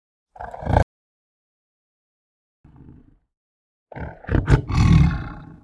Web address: tiger growl